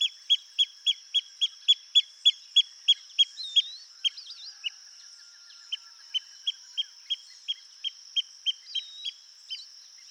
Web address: sound Pearl-kite. صدای پرنده کورکور مرواریدی